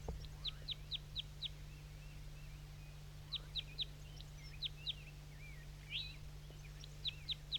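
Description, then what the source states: Crossbill song: short, sharp chip-like notes in quick bursts with pauses between, over a steady low hum. Wild male singing from the top of a dead pine.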